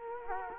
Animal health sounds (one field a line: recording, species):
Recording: mosquito wingbeat signal from an infrared sensor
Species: Culex quinquefasciatus